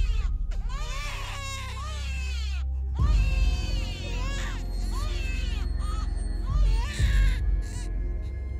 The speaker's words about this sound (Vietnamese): Những tiếng khóc vẫn cứ vắng vất, không phải là một mà là rất nhiều tiếng khóc cứ thế mà cất lên choe choé.